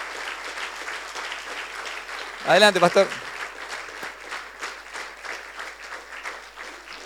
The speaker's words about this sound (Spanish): Le damos un fuerte aplauso porque recibimos palabra.